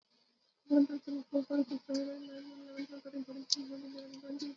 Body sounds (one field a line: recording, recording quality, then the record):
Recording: counting at a fast pace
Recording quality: poor, much background noise or distortion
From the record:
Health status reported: COVID-19 positive, no symptoms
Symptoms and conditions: sore throat, muscle pain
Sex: female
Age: 50 years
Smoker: not ticked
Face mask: not worn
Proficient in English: no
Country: India